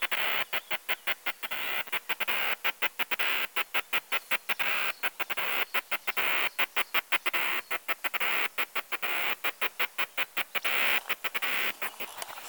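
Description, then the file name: Cicada singing a long series of sharp, buzzy pulses, delivered in rapid clusters separated by short pauses, steady and insistent throughout. "Tibialis"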